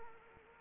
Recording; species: mosquito wingbeat signal from an infrared sensor; Anopheles arabiensis